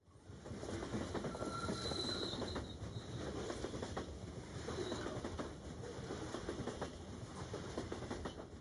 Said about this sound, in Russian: Поезд набрал ход. Холодный, продуваемый осенним ветром и пропахший паровозным дымом вагон, казалось, перемещается в безвременье.